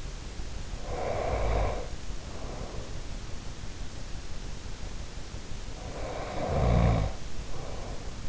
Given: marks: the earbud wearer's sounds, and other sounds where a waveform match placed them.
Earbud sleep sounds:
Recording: sounds in sleep by an in-ear microphone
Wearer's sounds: breath, snoring breath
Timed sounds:
0.82-3.03 s: breath
5.79-8.29 s: snoring breath

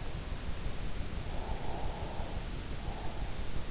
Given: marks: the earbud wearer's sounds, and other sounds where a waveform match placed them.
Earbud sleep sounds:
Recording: sounds in sleep by an in-ear microphone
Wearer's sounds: breath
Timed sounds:
1.48-3.14 s: breath

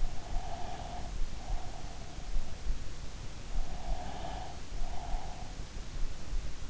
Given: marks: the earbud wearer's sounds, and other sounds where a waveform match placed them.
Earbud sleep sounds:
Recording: sounds in sleep by an in-ear microphone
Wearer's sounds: breath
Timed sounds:
0.25-2.46 s: breath
3.51-5.70 s: breath

